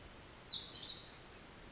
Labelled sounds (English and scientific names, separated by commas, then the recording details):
Pacific Wren (Troglodytes pacificus)
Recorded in Sonoma County, California